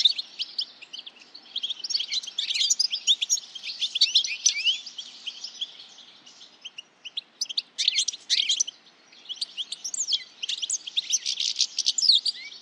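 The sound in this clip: Bird chirps: busy high-pitched twittering in uneven bursts, with short lulls around the middle and a louder flurry near eight seconds.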